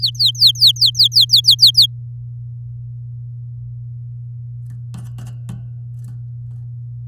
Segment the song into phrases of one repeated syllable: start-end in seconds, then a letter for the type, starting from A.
0.00-1.86 A